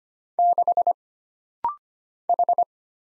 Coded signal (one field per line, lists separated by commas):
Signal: Morse code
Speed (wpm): 25 wpm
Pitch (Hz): 700 Hz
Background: none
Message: 6 H